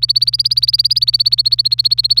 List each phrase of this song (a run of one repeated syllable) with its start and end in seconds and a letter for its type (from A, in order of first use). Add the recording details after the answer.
0.00-2.20 A. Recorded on 26 April 2018 at 07:00. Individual llb3